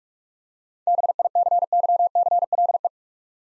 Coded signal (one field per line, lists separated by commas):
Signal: Morse code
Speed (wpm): 43 wpm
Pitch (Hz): 700 Hz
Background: none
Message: BICYCLE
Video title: Easy Words - Speed-Racing with Hints - 35wpm